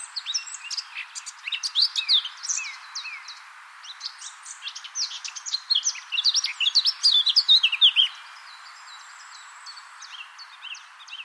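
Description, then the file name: Eurasian blackcap giving hurried, chattering warbles of mixed squeaky and whistled notes, fading into a quieter final few seconds. "Sylvia atricapilla"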